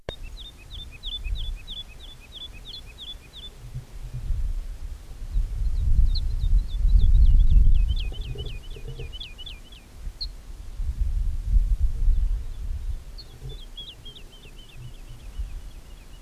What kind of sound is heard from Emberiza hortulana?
aggressive call